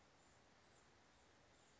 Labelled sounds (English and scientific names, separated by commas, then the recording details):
Blue-gray Gnatcatcher (Polioptila caerulea)
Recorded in Sonoma County, California